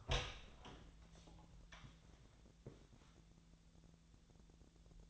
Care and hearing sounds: daily activity, microphone in the room; open door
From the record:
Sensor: 3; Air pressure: 1000.4 hPa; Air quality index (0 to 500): 178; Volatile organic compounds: 4 ppm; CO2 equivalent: 1542 ppm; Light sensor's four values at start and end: 14/33/14/15 and 14/33/14/15

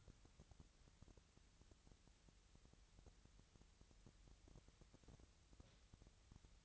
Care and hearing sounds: daily activity, microphone in the room; wipe stove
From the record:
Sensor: 3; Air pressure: 1001.6 hPa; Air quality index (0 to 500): 222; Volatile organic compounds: 30 ppm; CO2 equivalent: 2951 ppm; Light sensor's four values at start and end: 10/33/14/12 and 10/33/14/12

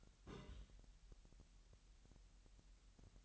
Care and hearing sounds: daily activity, microphone in the room; place on stove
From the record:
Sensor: 3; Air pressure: 1001.9 hPa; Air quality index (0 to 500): 246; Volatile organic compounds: 48 ppm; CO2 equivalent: 3271 ppm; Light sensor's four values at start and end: 6/15/6/6 and 6/15/6/6

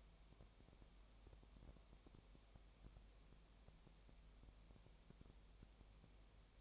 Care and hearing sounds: daily activity, microphone in the room; no activity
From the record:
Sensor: 1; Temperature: 19.7 degrees Celsius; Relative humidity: 37.1%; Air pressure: 1007.2 hPa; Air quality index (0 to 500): 144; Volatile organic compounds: 5 ppm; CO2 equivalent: 1759 ppm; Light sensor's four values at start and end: 1/2/1/1 and 1/2/1/1

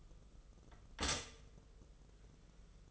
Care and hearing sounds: daily activity, microphone in the room; stop toaster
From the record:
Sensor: 4

